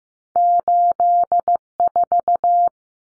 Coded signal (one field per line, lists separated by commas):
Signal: Morse code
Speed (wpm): 15 wpm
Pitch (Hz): 700 Hz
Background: none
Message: 84